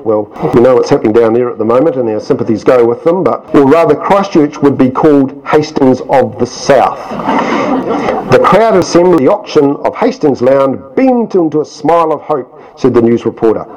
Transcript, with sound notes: Well, we know what’s happening down there at the moment, and our sympathies go with them, but ‘we’d rather Christchurch would be called the Hastings of the South. [Laughter] The crowd assembled at the auction of Hastings land beamed into a smile of hope’, said the news reporter.